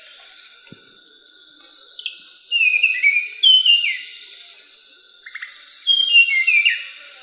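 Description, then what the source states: Mangrove blue flycatcher singing two bursts of clear, tumbling whistles that descend in pitch, with a constant shrill insect hum underneath. Sulawesi.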